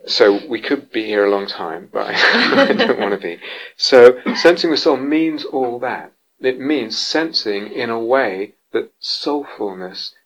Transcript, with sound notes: So we could be here a long time, but I don't want to be. [laughter] So sensing with soul means all that. It means sensing in a way that soulfulness